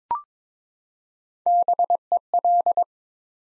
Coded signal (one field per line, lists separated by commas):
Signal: Morse code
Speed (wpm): 22 wpm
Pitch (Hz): 700 Hz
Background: none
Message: BEL